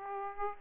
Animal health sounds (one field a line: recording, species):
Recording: mosquito wingbeat signal from an infrared sensor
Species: Aedes aegypti